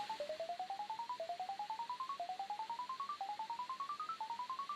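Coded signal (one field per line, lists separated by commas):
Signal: speaking clock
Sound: rapid soft beeps, ten per second, rising in pitch then dropping back each second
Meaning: Each tone marks a tenth of a second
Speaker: each one of those tones is a tenth of a second apart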